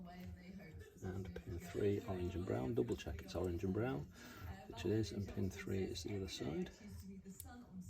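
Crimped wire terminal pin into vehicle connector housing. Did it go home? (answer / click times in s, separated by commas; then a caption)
yes / 7.4 s. Someone talks while pushing the crimped terminal pin of pin three, the orange and brown wire from a towbar wiring kit for a Crafter / MAN TGE, into the plastic vehicle connector housing. A short, sharp click is heard at 7.4 s as the pin seats in the housing, and a small pull on the wire confirms it is held.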